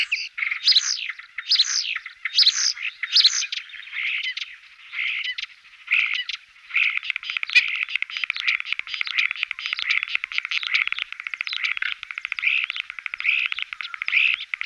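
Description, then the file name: Common starling song: swooping whistles that rise and fall, then a long run of rapid clicks, rattles and wheezy chattering phrases with barely a pause. Song, recorded in 2004. "roche 2004 star"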